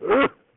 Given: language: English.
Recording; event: throat vibration sensor signal played as sound; cough